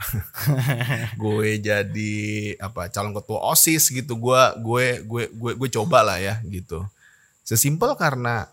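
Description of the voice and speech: An adult man speaking Indonesian repeats one word five times in a row, followed by a long pause: a stuttering word repetition in a man who has stuttered since childhood and still stutters as an adult.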